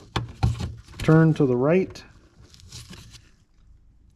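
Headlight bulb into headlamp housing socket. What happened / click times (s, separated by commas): The bulb twisted and locked into its socket / 0.2 s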